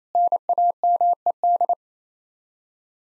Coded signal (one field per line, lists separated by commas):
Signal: Morse code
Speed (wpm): 28 wpm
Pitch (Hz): 700 Hz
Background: none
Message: NAMED